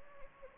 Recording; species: mosquito wingbeat signal from an infrared sensor; Anopheles gambiae